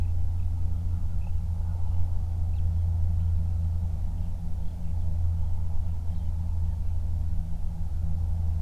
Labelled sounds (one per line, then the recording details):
songbird
flare stack
aircraft
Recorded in the Prudhoe Bay oil fields, Alaska, on 31 July 2019 at 08:44
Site 24